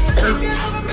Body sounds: coughing mixed with background sound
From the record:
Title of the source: female coughing - coughing sound effects girl

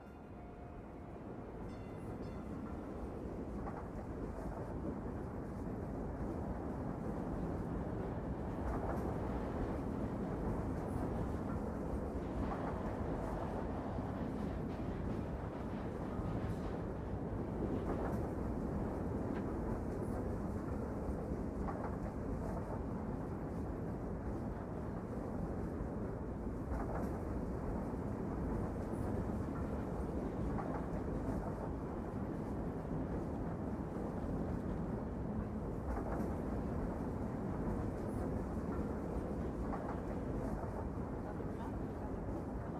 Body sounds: background sound without coughing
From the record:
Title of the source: Train Ride Ambience ambient white noise for sleeping, focus, studying, reading

